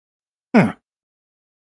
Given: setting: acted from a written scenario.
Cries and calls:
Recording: vocal sound without words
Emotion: contempt

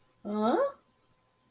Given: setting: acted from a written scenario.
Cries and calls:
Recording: vocal sound without words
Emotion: positive surprise

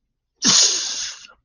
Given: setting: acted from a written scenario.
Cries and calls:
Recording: vocal sound without words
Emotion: triumph

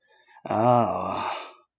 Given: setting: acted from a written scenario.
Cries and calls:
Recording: vocal sound without words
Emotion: negative surprise

